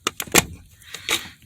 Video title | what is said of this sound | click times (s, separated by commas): 2020 Sienna Cabin Filter Replacement & Noise / Smell Tips | So we'll just put this in place. Listen for the clicks. | 0.1 s, 0.2 s, 0.4 s